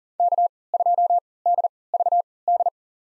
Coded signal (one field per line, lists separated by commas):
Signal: Morse code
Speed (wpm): 40 wpm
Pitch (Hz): 700 Hz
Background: none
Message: K2DVD